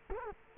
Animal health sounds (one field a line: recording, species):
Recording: mosquito wingbeat signal from an infrared sensor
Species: Culex quinquefasciatus